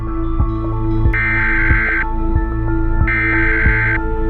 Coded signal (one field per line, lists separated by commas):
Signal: Emergency Alert System (SAME) tones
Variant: header bursts